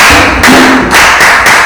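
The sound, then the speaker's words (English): A group clapping together on a count of one, two, three, a loud, dense wash of hand claps with a few stronger surges in the rhythm, running the whole time with no voices. “And then for him, you have to, for him, wake him up so we can clap for him.”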